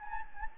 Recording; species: mosquito wingbeat signal from an infrared sensor; Anopheles gambiae